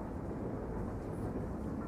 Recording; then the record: background sound without coughing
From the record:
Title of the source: Train Ride Ambience ambient white noise for sleeping, focus, studying, reading